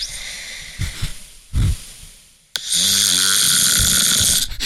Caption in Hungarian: Kettes fokozatú horkolás az ön családját már egészen biztos, hogy zavarja, légzés kimaradások veszélye is fennáll.